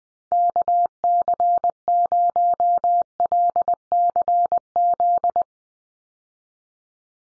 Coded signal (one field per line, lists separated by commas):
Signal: Morse code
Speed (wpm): 19 wpm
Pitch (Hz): 700 Hz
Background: none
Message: KC0LCZ